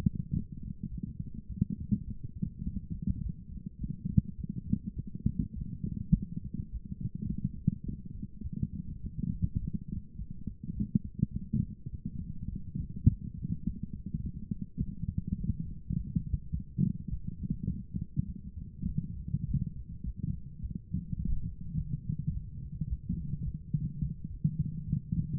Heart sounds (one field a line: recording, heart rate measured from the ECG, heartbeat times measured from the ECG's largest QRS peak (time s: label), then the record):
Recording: heart sounds by stethoscope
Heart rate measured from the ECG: 104 bpm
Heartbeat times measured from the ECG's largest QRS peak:
0.31 s: heartbeat
0.89 s: heartbeat
1.47 s: heartbeat
2.05 s: heartbeat
2.64 s: heartbeat
3.22 s: heartbeat
3.79 s: heartbeat
4.36 s: heartbeat
4.94 s: heartbeat
5.54 s: heartbeat
6.13 s: heartbeat
6.70 s: heartbeat
7.27 s: heartbeat
7.84 s: heartbeat
8.42 s: heartbeat
9.02 s: heartbeat
9.60 s: heartbeat
10.17 s: heartbeat
10.74 s: heartbeat
11.32 s: heartbeat
11.91 s: heartbeat
12.50 s: heartbeat
13.08 s: heartbeat
13.65 s: heartbeat
14.22 s: heartbeat
14.79 s: heartbeat
15.38 s: heartbeat
15.96 s: heartbeat
16.53 s: heartbeat
17.09 s: heartbeat
17.67 s: heartbeat
18.26 s: heartbeat
18.87 s: heartbeat
19.46 s: heartbeat
20.04 s: heartbeat
20.61 s: heartbeat
21.18 s: heartbeat
21.75 s: heartbeat
22.32 s: heartbeat
22.88 s: heartbeat
23.44 s: heartbeat
24.00 s: heartbeat
24.57 s: heartbeat
25.15 s: heartbeat
From the record:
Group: healthy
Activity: light exercise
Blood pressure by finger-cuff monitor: 118/54 mmHg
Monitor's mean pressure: 74 mmHg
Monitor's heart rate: 104 bpm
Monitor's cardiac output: 10.7 L/min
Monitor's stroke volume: 103 mL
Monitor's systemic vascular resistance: 490 dyn s/cm5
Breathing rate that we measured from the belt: 9 breaths a minute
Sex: female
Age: 24 years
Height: 163 cm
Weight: 55.7 kg